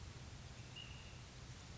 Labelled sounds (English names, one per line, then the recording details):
Ash-throated Flycatcher
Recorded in Sonoma County, California